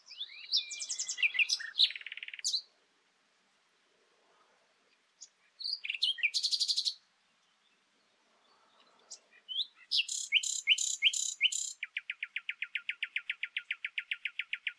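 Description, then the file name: Common nightingale song: short varied phrases separated by silences, ending with a loud run of notes and a long, fast rattling series of evenly spaced pulses. "Luscinia megarhynchos"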